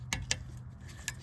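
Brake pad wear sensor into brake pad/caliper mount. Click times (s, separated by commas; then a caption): 0.1 s, 0.3 s. A rear brake pad wear sensor on a 2019-2026 Silverado, a metal and plastic clip, is lined up toward a gray pin and pushed by hand into its mount on the brake pad or caliper. Sharp metallic clicks are heard at 0.1 s and 0.3 s, with another sharp tick near 1.1 s. The sensor is seated in place.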